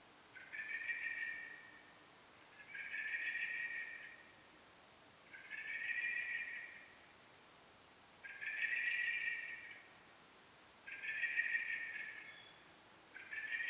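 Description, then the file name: Common blackbird calling steadily: six long, even, buzzy notes repeated roughly every two and a half seconds against a quiet background. "Turdus merula"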